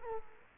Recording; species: mosquito wingbeat signal from an infrared sensor; Culex quinquefasciatus